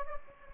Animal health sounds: mosquito wingbeat signal from an infrared sensor; Anopheles gambiae

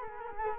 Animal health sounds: mosquito wingbeat signal from an infrared sensor; Culex quinquefasciatus

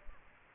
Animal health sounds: mosquito wingbeat signal from an infrared sensor; Aedes aegypti

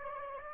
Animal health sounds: mosquito wingbeat signal from an infrared sensor; Aedes aegypti

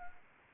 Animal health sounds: mosquito wingbeat signal from an infrared sensor; Anopheles arabiensis

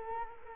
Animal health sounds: mosquito wingbeat signal from an infrared sensor; Culex quinquefasciatus

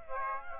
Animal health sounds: mosquito wingbeat signal from an infrared sensor; Aedes aegypti

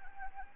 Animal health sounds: mosquito wingbeat signal from an infrared sensor; Anopheles arabiensis

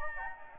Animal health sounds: mosquito wingbeat signal from an infrared sensor; Anopheles gambiae

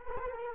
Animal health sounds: mosquito wingbeat signal from an infrared sensor; Culex quinquefasciatus

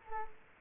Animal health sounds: mosquito wingbeat signal from an infrared sensor; Culex quinquefasciatus

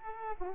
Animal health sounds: mosquito wingbeat signal from an infrared sensor; Culex pipiens

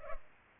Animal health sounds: mosquito wingbeat signal from an infrared sensor; Culex pipiens

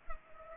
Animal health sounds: mosquito wingbeat signal from an infrared sensor; Culex pipiens

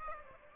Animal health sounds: mosquito wingbeat signal from an infrared sensor; Aedes aegypti

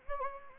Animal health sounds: mosquito wingbeat signal from an infrared sensor; Anopheles gambiae

